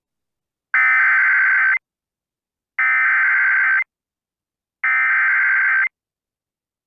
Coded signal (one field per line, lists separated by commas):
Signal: Emergency Alert System (SAME) tones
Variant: header bursts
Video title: EAS Severe Thunderstorm Warning Grand Marias Boundry Waters/Lake Superior NOAA Weather Radio KXI43